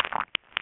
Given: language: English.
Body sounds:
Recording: throat vibration sensor signal played as sound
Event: swallow

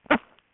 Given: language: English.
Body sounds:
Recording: throat vibration sensor signal played as sound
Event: cough

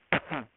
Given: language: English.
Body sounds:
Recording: throat vibration sensor signal played as sound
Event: cough

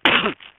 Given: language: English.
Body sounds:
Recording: throat vibration sensor signal played as sound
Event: cough

